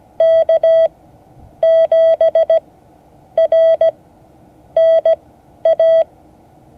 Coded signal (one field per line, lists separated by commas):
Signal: Morse code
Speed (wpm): 17 wpm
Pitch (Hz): 650 Hz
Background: none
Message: K7RNA